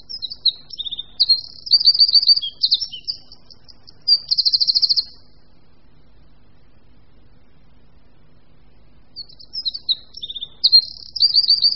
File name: Střízlík-obecný